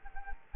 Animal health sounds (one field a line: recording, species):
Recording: mosquito wingbeat signal from an infrared sensor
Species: Culex quinquefasciatus